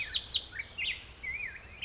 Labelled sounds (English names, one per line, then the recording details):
Black-headed Grosbeak
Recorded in Sonoma County, California